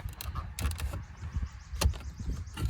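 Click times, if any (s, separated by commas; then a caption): 0.2 s, 0.6 s, 1.8 s. A plastic pry tool works the dash trim bezel around the stock radio of a 2017 Jeep Wrangler free of its retaining clips in the dashboard, to replace the stock radio with a Joying Android head unit. Sharp plastic pops ring out at 0.2, 0.6 and 1.8 seconds among low creaking and scraping. The trim clips pop loose and the bezel comes out.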